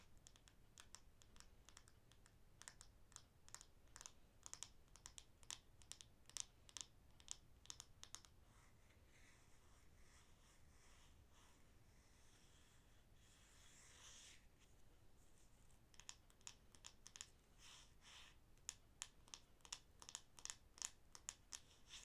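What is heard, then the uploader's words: Wooden objects are tapped in quick, uneven bursts of sharp clicks, dense at the start and again near the end. Around the middle the tapping thins out and gives way to a softer, hissy scratching for a few seconds, over a low steady rumble. I have a variety of wooden objects, all with their own original sound. Tapping and scratching Wooden objects.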